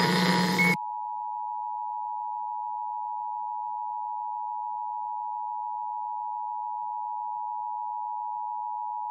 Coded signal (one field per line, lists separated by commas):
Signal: Emergency Alert System (SAME) tones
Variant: 853 and 960 Hz attention tone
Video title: LIVE AM/MW DX: DX Central Live - S. 3, Ep. 4 | Friday October 14, 2022 | MWFC: 570 & 1053 kHz